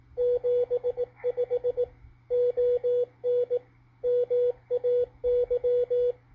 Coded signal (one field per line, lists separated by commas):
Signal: Morse code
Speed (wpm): 19 wpm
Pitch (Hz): 490 Hz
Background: radio noise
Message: 75 ON MAY